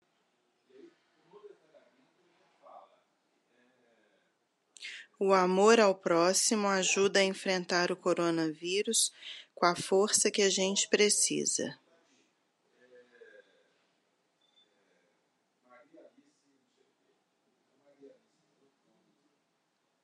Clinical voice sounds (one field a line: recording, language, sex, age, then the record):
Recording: spoken sentence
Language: Brazilian Portuguese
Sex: female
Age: 50 to 59 years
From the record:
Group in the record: control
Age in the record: 53 years